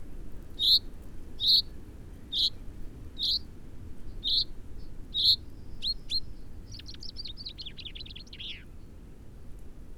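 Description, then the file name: Common chaffinch: several sharp 'pink' calls, followed by a rapid trilled song phrase that ends in a flourish. "Fringilla coelebs"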